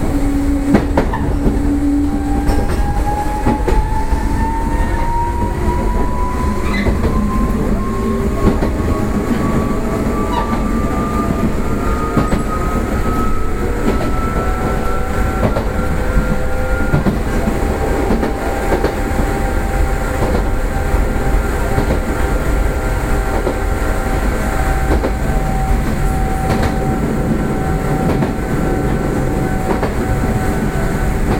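A Nishitetsu 600 series electric train runs steadily, a dense low rumble of wheels on rails filling the whole recording. A motor whine rises in pitch over the first fifteen seconds, then holds level, with faint clicks and knocks scattered throughout.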